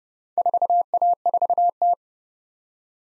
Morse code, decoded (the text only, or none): 4A4T